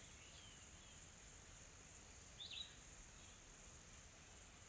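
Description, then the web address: Insects giving a continuous thin high drone with faint ticking bursts, and one brief bird chirp in the middle. Calm tropical forest ambience in South Africa with soft insects calling. "Sonniss com - GDC 2020-Game Audio Bundle Smart Sound FX - Nature South Africa AMBIENCE Additional Tropical Forest Soft Insects Calm"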